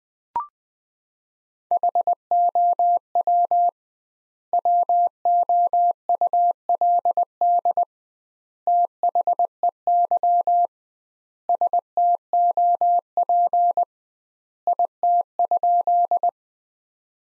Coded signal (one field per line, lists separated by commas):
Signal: Morse code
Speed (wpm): 20 wpm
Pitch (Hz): 700 Hz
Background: none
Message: HOW WOULD THEY STOP IT?